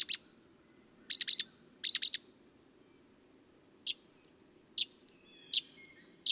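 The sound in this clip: Northern mockingbird song with short chattering bursts, then thin high whistled notes alternating with sharp clicks, repeated in a steady pattern.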